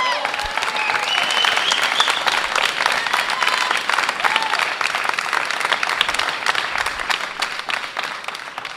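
audience applause

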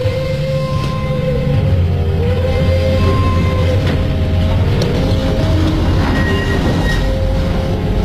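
train departing

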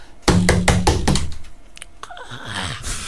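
knocking on a door

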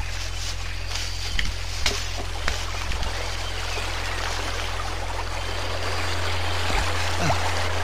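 flowing stream water

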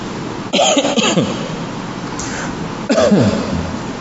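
coughing

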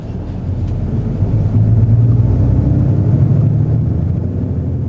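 bus driving

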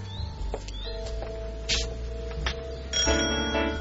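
doorbell ringing

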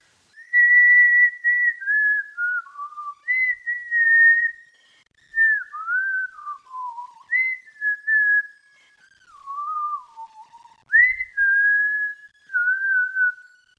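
person whistling a melody

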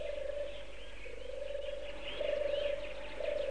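pigeons cooing

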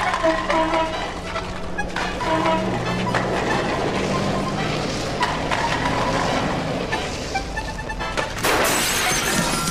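window glass shattering

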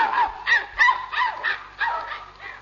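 dog barking and whimpering

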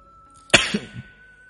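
cough

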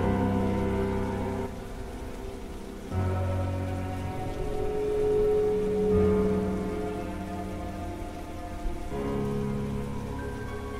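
heavy rain falling

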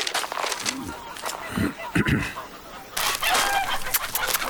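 chickens clucking

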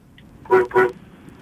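car horn honking

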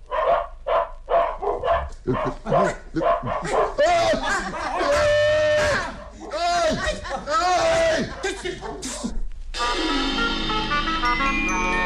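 dogs barking and yipping

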